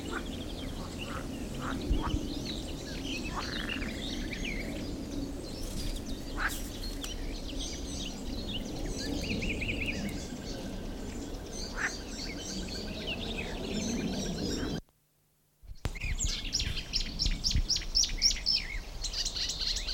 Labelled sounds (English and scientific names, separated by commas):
Marsh Warbler (Acrocephalus palustris)